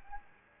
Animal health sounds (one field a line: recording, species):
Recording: mosquito wingbeat signal from an infrared sensor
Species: Anopheles gambiae